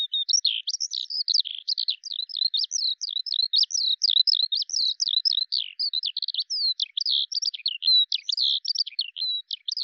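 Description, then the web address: A bird sings a long rapid warble of jumbled high-pitched chirps, slurred whistles and twitters, continuous throughout with no other sounds. "Deverinetal 2025 File cleaned normalized Bird Al Ar"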